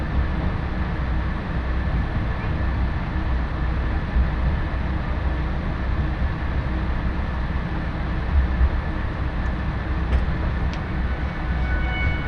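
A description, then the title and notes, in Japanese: A diesel train rolls steadily along, its deep engine drone and dense low rumble unbroken, with faint high squeals and a few clicks. 耳で楽しむ鉄道旅 長良川鉄道 ながら２号 美濃市→美濃太田。美濃市からも快速運転で走るので関と富加にのみ停車します。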